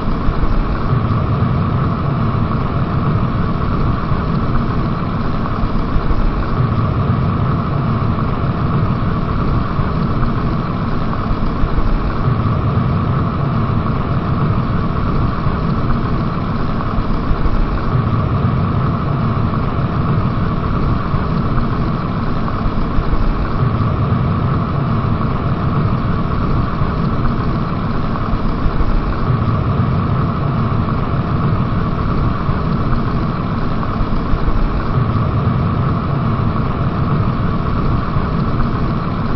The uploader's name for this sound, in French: Bouilloire